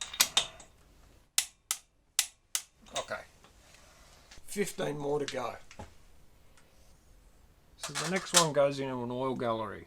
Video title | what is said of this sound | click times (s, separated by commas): Holden HT GTS Monaro Scorpion Roller Rocker & ARP Stud Replacement 454 Chevy (PART 1) | just one more time let's hear that click okay | 1.4 s, 1.7 s